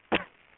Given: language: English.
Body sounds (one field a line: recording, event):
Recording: throat vibration sensor signal played as sound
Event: cough